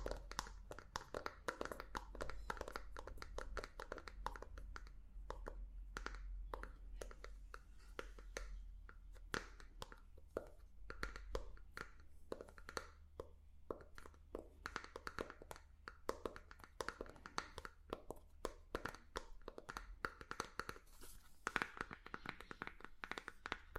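Rapid tapping on different objects goes on without pause, a dense, uneven stream of sharp clicks and knocks, some duller and some brighter. A few louder taps stand out along the way, and a low steady hum runs underneath throughout.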